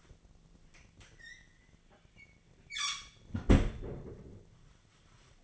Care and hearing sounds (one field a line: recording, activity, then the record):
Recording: daily activity, microphone in the room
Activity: close fridge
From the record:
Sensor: 4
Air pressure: 1010.4 hPa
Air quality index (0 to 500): 177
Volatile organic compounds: 5 ppm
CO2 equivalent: 1798 ppm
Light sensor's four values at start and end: 27/81/32/32 and 32/96/38/38